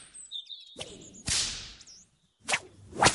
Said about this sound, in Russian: Отец внимательно осмотрел кнут, подержал в руках и несколько раз стеганул по стволу засохшей груши.